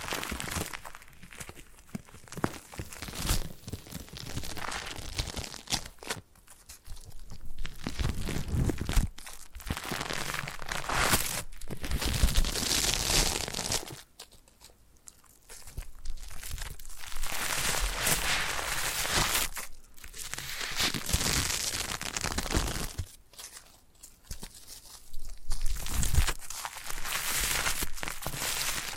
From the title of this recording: Foam Massage